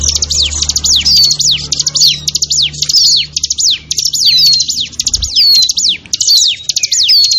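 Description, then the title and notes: Bar-winged prinia calling continuously, fast high stuttered notes and sliding downward whistles, with a faint low hum in the background. Noisy small-bird (burcil) lure call used to attract wild birds. "Suara Pikat Burcil Ribut. Burung Liar. ciblek"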